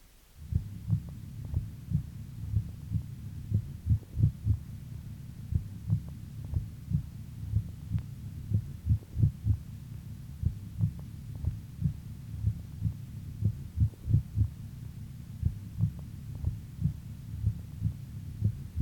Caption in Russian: Нарушение ритма сердца. Обычно это производится при аускультации в первой точке. При экстрасистолии на фоне правильного ритма слышны одиночные преждевременные сокращения сердца, после которых следует компенсаторная пауза. В момент экстрасистолы можно определить усиление первого тона по сравнению с предшествующими циклами.